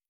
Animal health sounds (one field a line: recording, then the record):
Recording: hydrophone in a shrimp aquaculture tank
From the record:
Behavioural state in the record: starved